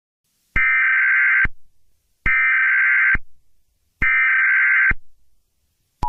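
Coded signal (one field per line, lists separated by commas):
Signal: Emergency Alert System (SAME) tones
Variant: header bursts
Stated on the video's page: Fictional EAS scenario.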